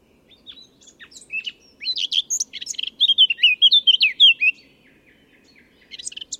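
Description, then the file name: Eurasian blackcap singing: quiet twittering builds into a run of loud, clear fluted notes, then drops to near silence before a final short phrase. "Sylvia atricapilla"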